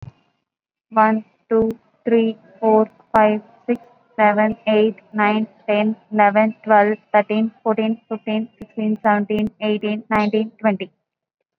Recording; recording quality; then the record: counting at a fast pace; excellent, no background noise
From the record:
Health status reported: COVID-19 positive, moderate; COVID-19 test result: positive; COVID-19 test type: RT-PCR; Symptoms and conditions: cough, cold, another condition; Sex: female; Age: 32 years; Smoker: no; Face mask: worn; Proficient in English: yes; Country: India